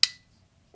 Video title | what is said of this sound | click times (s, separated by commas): These NEW BUDGET Knives Just CRUSHED The Competition, Here’s How! (Critical Strike Zulu, X503, X504) | Okay, listen, that's a satisfying click. | 0.0 s